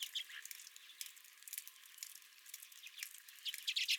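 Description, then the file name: Redpoll calls, a faint scatter of high chirps, then a quick burst of bright twittering notes near the end. Redpolls at the recordist's own feeder. "Redpolls at My Feeder"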